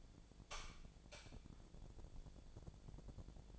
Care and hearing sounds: daily activity, microphone in the room; light on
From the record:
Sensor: 5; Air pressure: 1000.2 hPa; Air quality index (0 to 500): 108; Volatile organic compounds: 1 ppm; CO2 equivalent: 866 ppm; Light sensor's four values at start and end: 194/459/196/216 and 198/471/201/222

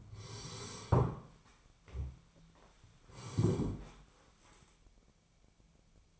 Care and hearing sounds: daily activity, microphone in the room; sit down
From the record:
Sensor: 1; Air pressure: 1015.2 hPa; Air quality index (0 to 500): 197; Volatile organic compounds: 22 ppm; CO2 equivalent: 2768 ppm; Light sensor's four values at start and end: 12/30/12/14 and 13/31/13/14

